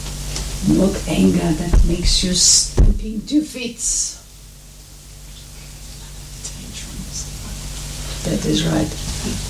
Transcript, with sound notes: Not anger that makes you stamping your feets. (There is whispering in the background.) That is right.